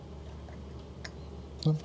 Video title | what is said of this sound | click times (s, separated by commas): System Build 17 - LIVE Build - Customer Build | It's clicked. Okay. To double check if it's clicked down, you can flip over the motherboard | 1.6 s